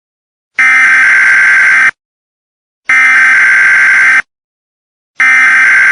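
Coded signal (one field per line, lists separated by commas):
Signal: Emergency Alert System (SAME) tones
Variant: header bursts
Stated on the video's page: Simulated EAS scenario.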